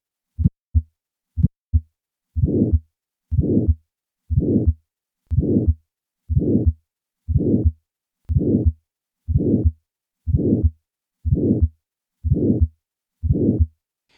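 Significant aortic stenosis in an adult heart: two normal beats, then about 60 per minute with an ejection click followed by a harsh, blowing systolic murmur, heard best at the second right intercostal space. The ejection click localizes the obstruction to the valvular level and suggests a bicuspid aortic valve.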